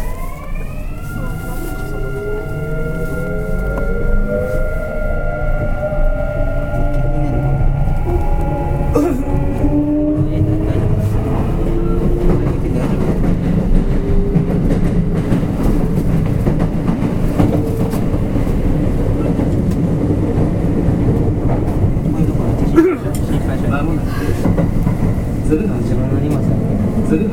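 Running sound of a Kintetsu 5820 series train on a Nara Line local service. For the first ten or so seconds, several motor whine tones climb steadily as the train gathers speed, then give way to a steady low rumble of wheels, with a sharp knock near 23 seconds.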